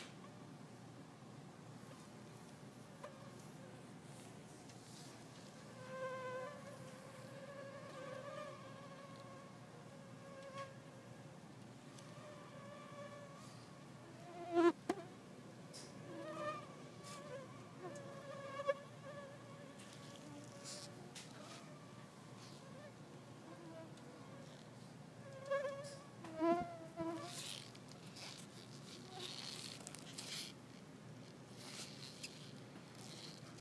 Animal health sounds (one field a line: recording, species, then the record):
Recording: mosquito flight sound by mobile phone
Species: Culex pipiens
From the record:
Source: SanMateoVCD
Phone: iPhone 4S